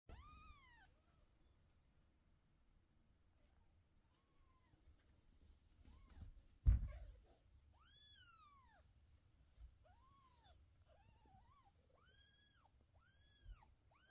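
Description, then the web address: Cat: kittens mewing: thin, high arched mews, sparse at first and then in a quick run of several near the end, with one dull thump midway and a quiet background. "cat chloe kittens"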